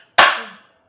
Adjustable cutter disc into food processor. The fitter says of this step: கீழ போயிட்டு ஒரு லாக் சவுண்ட் வரும்